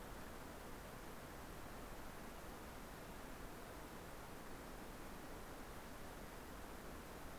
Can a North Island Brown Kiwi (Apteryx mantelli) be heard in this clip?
no